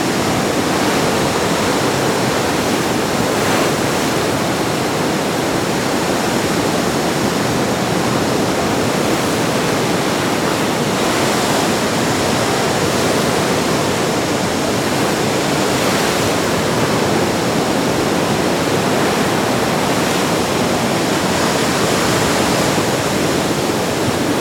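Heavy sea surf pounds against rocks in a dense, unbroken roar that stays loud and steady throughout. Brighter splashing surges stand out every few seconds, near 4, 9, 11, 16 and 21 seconds, over a constant hissing wash of churning water.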